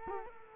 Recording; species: mosquito wingbeat signal from an infrared sensor; Culex quinquefasciatus